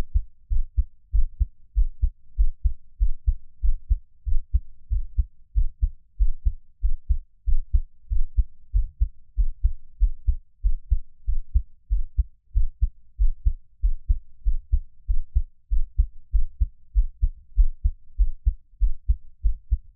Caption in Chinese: 獻上我的心跳 | Give my Heartbeat。 NO Talking。 每月的心跳聲記錄😊 Monthly heartbeat recording😊。 𝐌𝐲 𝐃𝐞𝐯𝐢𝐜𝐞 3𝐃𝐢𝐨 ⇢ 𝐑𝐨𝐨𝐦 𝐇6 ⇢ 𝐁𝐥𝐮𝐞 𝐘𝐞𝐭𝐢 ⇢ 𝐑𝐨𝐝𝐞 𝐍𝐓5 ⇢ 𝐌𝐢𝐧𝐢 𝐌𝐢𝐜 𝐁𝐄-𝐏1 ⇢ 𝐓𝐚𝐬𝐜𝐚𝐦 𝐃𝐑-40𝐗。